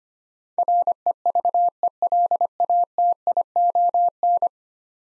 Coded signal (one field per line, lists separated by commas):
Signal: Morse code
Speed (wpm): 25 wpm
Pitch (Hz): 700 Hz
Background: none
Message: REVELATION